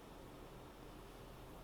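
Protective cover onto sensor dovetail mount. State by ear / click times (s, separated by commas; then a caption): not seated / none. A protective cover is held with its bottom cutout lined up on a sensor's dovetail mount, a snug fit that must be lined up correctly before it is squeezed home. Only a steady, even broadband hiss is heard, with no distinct impacts. Nothing has seated or clicked yet.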